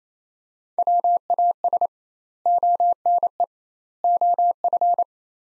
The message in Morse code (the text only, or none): WAS ONE OF